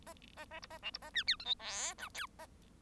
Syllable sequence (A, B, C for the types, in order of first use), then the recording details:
A A A B A C B A D E F G H I J A. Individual Bird1